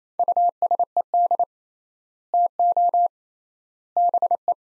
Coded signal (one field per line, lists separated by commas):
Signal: Morse code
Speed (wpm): 28 wpm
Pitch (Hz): 700 Hz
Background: none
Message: USED TO BE